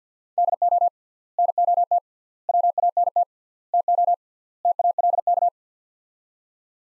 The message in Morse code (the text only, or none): DO NOT WANT TO TALK